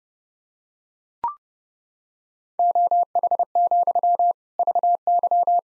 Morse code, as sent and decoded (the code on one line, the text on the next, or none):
--- .... --..-- / ...- -.--
OH, VY